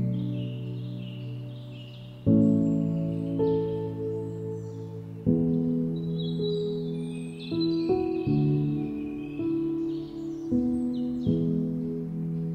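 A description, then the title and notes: Soft instrumental music with sustained chords changing every few seconds, bold new chords entering near 2, 5, 8 and 11 seconds, over a low steady hum. Birds chirp throughout in quick bright calls and trills, busiest in the second half. Piano Music & Guitar Music with Birds Chirping.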